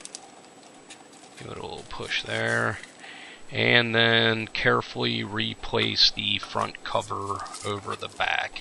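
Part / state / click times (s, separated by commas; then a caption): plastic front cover onto the rear housing of a wall-mounted card reader / not seated / none. Someone talks while the plastic front cover of a wall-mounted Actatek external Mifare card reader is being placed back over its rear housing, with a few faint, brief ticks right at the start. Nothing has seated or clicked yet; the clip ends before the cover goes home.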